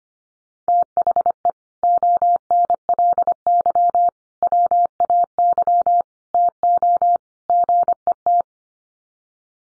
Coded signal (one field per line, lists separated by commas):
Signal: Morse code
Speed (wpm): 25 wpm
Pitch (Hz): 700 Hz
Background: none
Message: THE ONLY WAY TO GET